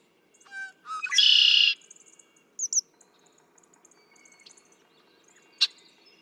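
Red-winged Blackbird gives its song early: two short notes, then a harsh buzzing trill, followed by faint chips, two quick squeaky notes and a later click.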